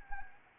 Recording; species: mosquito wingbeat signal from an infrared sensor; Anopheles arabiensis